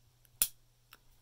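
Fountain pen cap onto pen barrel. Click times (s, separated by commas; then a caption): 0.4 s. An aluminium Diplomat Aero fountain pen cap is pushed onto the aluminium barrel, where three spring fingers grab it, giving a sharp bright click at 0.4 s as aluminium touches aluminium and the cap seats. Faint softer ticks come at about 0.3 s and 0.9 s over a low steady hum.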